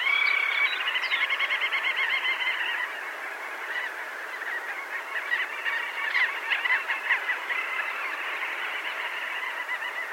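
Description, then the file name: Little auks in a busy chorus of chattering, trilling calls, many birds overlapping continuously with a steady hiss behind. "ALKEKONGE"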